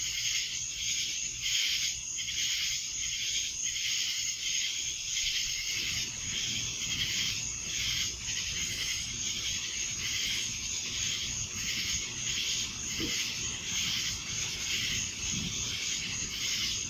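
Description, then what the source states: Cicadas droning together in a high, rasping wall of sound that throbs rhythmically, with low rumbling noise joining after about six seconds. Cicadas in Annapolis, July 2012.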